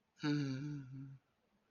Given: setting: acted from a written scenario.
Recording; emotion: vocal sound without words; romantic love